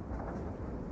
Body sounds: background sound without coughing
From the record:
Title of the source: Train Ride Ambience ambient white noise for sleeping, focus, studying, reading

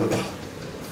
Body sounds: coughing mixed with background sound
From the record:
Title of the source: Cough Around the Clock!

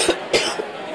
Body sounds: coughing mixed with background sound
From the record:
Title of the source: 55 gaggy wet cough

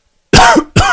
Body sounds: coughing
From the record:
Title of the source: Coughing 51

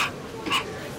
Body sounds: coughing mixed with background sound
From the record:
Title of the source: 64 coughing, allergies, singing lungs

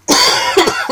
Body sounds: coughing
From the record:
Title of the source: Dry Coughing Fit in the Afternoon.

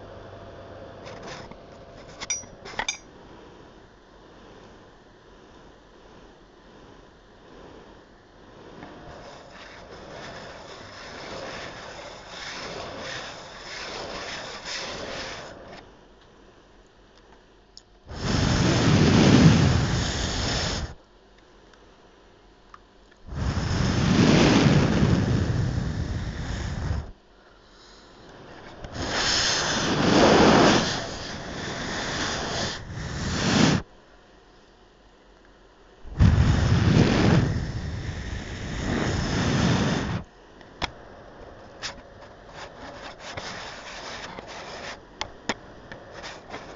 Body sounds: background sound without coughing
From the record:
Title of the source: wind

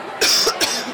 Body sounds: coughing mixed with background sound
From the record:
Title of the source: November cold (wet coughing)

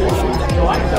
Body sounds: background sound without coughing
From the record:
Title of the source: Nightlife Party Simulating Party Club Noise 1 Hour

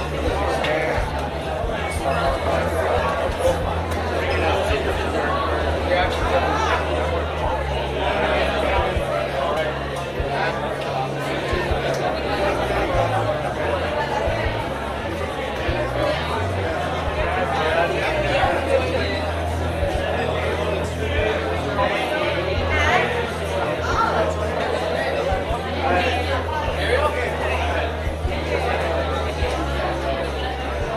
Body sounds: background sound without coughing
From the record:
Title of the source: CITY SOUNDS Busy Bar in the Evening Night - 2 HOURS of Ambiance for Relaxation

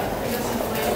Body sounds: background sound without coughing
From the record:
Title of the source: 40 min - Ambience sounds UNIVERSITY lunchroom chatting

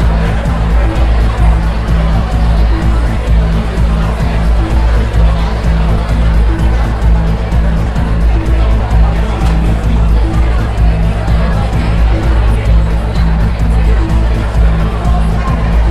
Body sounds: background sound without coughing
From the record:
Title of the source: Party Noise 1 Hour Party Ambience

